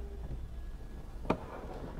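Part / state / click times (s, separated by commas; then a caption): modular tool storage unit onto another stacking unit / seated / 1.3 s. A plastic Klein Tools modular tool storage unit, which has a tape measure on top and locks at four points of contact, is pressed down onto another stacking storage unit. A single sharp click is heard at 1.3 s over a quiet, low background. The unit latches and locks into place.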